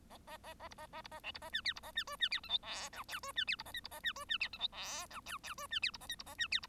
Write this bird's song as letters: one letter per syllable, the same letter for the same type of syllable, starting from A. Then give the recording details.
A A A A B A A B A C B A D E B A D F D E G H I J K F D E B A L B A D F D E G H I J K K F D E B A L B A D E B. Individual Bird1